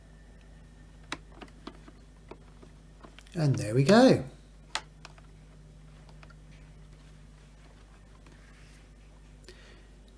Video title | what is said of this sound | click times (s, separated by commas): Dyson DC33 Cleaning and Maintenance for Maximum Suction | vous contentez de le pousser et vers l'intérieur jusqu'à ce qu'il se clipse et tu vas l'entendre clipser et là | 1.1 s